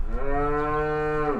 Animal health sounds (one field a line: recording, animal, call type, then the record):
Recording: contact call of a hoofed animal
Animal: cattle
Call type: low-frequency (closed-mouth) or high-frequency (open-mouth) call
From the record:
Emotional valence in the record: negative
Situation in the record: full separation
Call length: 1.39 s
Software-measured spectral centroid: 1030 Hz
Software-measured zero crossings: 1120 a second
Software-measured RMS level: -24 dBFS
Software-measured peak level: -13 dBFS